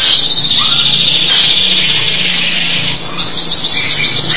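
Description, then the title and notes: Starling song: a long steady high whistle, then a quick series of rapidly repeated rising notes. "suara burung jalak"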